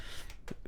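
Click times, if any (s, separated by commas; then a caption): none. A RAM module is pushed into a motherboard DIMM slot, and the builder worries it will break because it is not clicking. Only faint hits are heard, near 0.3, 0.5 and 0.7 seconds, over a soft breathy background. Nothing has seated or clicked yet.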